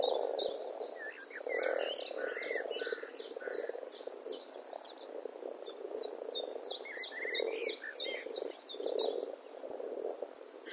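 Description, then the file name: Eurasian blackbird giving sharp, high, repeated chip notes in rapid series, with a few lower warbled phrases, over a steady low croaking frog chorus. "Turdus merula"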